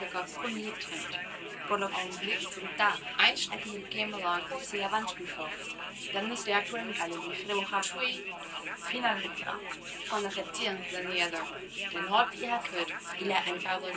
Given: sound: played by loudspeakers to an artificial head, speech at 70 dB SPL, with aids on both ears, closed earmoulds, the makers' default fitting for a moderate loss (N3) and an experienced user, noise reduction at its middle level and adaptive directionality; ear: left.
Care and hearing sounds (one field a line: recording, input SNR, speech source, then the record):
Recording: speech test signal (ISTS) in cocktail-party noise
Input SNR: +3 dB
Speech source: on the right (90 degrees)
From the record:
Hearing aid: class 2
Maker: E